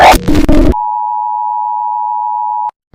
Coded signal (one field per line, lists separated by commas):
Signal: Emergency Alert System (SAME) tones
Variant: 853 and 960 Hz attention tone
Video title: EAS Scenario 2: Splaat Error (Splaat Gets Grounded Crossover)